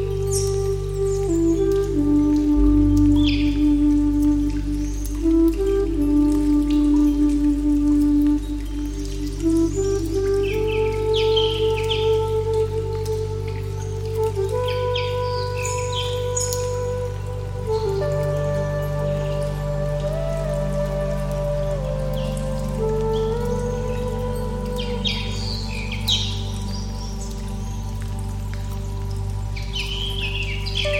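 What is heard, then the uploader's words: A slow bamboo flute melody plays at a distance, holding long notes over a low, steady hum. Water trickles and drips throughout, with bright chirps scattered across the clip, busiest in the opening seconds and again after about twenty-five seconds. Japanese Garden Ambiance | Bamboo Flute and Garden Sounds. Soothing bamboo flute music plays off in the distance, as a fountain trickles and birds chirp.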